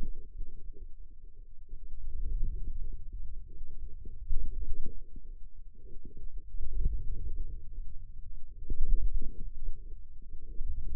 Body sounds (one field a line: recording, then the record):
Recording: forearm muscle sounds (acoustic myography)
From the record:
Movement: wrist extension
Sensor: system 2, bracelet of six BSWA MPA416 microphones around the upper forearm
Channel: 2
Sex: male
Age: 22 years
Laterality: right